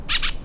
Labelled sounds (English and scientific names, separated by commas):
Brown-throated Parakeet (Eupsittula pertinax) contact call